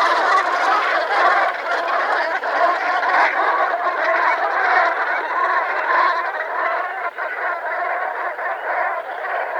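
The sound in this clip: Brent goose: brent geese calling as a flock, a dense unbroken babble of throaty, rolling honks overlapping throughout, with no pauses and no other clear sounds.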